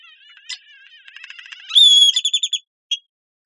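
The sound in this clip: Great-tailed grackle with a quiet rattling lead-in, then a loud, high, clear whistle followed by a quick run of piercing repeated notes and one last chip.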